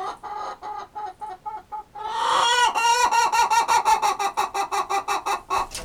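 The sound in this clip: Chicken clucks, steady rhythmic clucking that swells into a loud squawk, then rapid repeated clucks.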